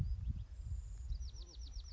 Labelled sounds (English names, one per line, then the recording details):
Bewick's Wren
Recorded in Sonoma County, California